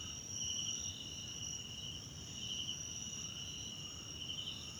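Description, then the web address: Steady high-pitched cricket trilling with a few louder chirping bursts spaced over a couple of seconds, above a quiet rumbling background. Several crickets recorded at night in a wetland park at Kosi Forest Lodge, South Africa; background ambience. "Tonschliff - SOUTH AFRICAN CRICKETS BG South Africa Wetland Park Kosi Forest Lodge Night"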